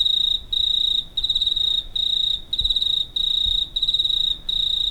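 Cricket chirping, a steady high trilled tone broken into bursts of about half a second with brief gaps, repeating continuously.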